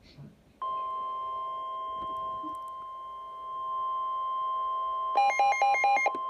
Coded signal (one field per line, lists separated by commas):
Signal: Emergency Alert System (SAME) tones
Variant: 1050 Hz attention tone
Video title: Flash flood warning eas #79